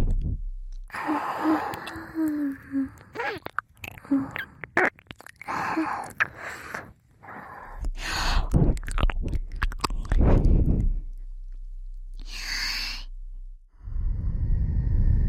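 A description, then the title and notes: Intense ear licking: wet, smacking mouth sounds and quick clicks come in dense irregular bursts through the first ten seconds, mixed with soft breathy sighs. A hissing, airy stretch appears around twelve seconds, and a low rumbling swell rises near the end. Intense Ear Licking.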